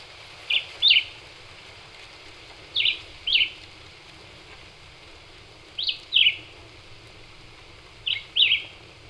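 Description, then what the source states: Black-whiskered vireo song: short, sharp two-note phrases of chirpy whistles, repeated about every two and a half seconds, four phrases in all, over a steady soft hiss. Recorded on 26 April 2019.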